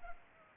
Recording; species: mosquito wingbeat signal from an infrared sensor; Culex pipiens